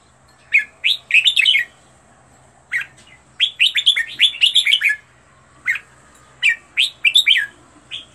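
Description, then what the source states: Red-whiskered bulbul giving short clusters of clear, slurred whistles with silent gaps, a busy run of notes in the middle. Made for training bulbuls to sing, presenting 15 standard song styles.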